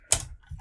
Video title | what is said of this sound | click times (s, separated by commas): Eaglemoss Build the Back to the Future Delorean Parts 64 & 65: Outta da Hood! | that part is clicking in now to hear that click yeah good | 0.1 s